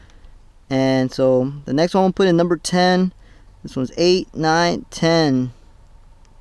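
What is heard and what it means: A second crimped terminal pin is being lined up to push into slot 10 of a plastic wiring connector housing on a BMW E60 5 Series car while someone talks throughout. Only faint ticks near 0.1 s and 6.2 s sit under the low background between words, and the pin has not clicked or seated in the housing yet.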